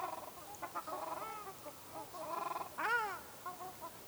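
Ruddy shelduck uttering a run of short nasal notes, ending in one louder, drawn-out honk near the third second, followed by softer calls.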